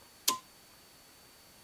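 A finger turns a circuit breaker handle in a residential panel to the left, back to the on position, and it clicks into place at 0.3 s. The click is a single sharp, broadband snap with a brief ringing tone near 1 kHz that fades within about a tenth of a second, followed by quiet. The click suggests the breaker had been switched off on purpose rather than tripped.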